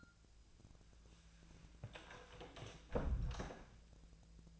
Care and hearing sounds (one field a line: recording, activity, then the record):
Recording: daily activity, microphone in the room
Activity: close door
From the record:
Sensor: 2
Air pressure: 1000.3 hPa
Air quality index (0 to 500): 172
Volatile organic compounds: 3 ppm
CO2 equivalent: 1430 ppm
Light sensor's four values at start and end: 10/24/10/11 and 10/23/10/10